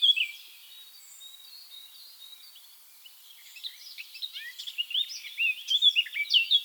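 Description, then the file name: Eurasian blackcap: after a brief note and a quiet pause, a soft twittering warble grows into louder, fluty whistled notes. "Sylvia atricapilla"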